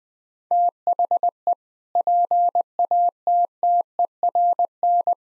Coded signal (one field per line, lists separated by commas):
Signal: Morse code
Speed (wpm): 20 wpm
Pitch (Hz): 700 Hz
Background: none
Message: THE PATTERN